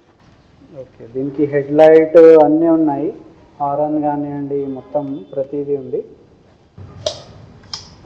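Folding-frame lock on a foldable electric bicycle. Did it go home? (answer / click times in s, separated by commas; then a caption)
yes / 7.1 s, 7.7 s. Someone talks for about six seconds while the folding-frame lock on a foldable electric bicycle is closed by hand. After a low shuffle, two sharp metallic clicks ring out at 7.1 s and 7.7 s, and the lock is seated.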